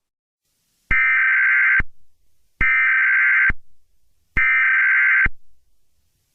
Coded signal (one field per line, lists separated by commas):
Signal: Emergency Alert System (SAME) tones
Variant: header bursts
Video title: EAS Mock: Eggman's Announcement